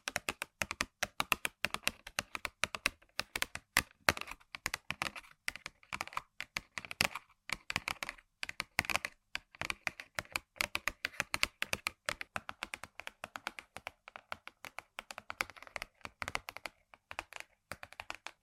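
Rapid tapping on random objects, a dense stream of sharp, clicky hits that sounds much like fast typing on a keyboard. The taps come in quick bursts with brief gaps, staying steady in pace throughout, with small crackly scrapes between strikes.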